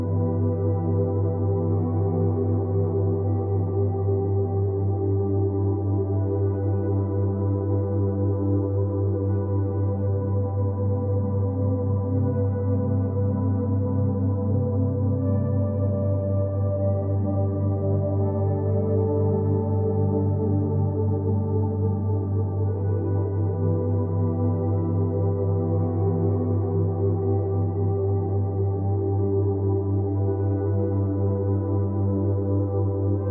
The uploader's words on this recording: Meditative Theta State Binaural Beats Sound - Ambient Music Binaural Theta Waves.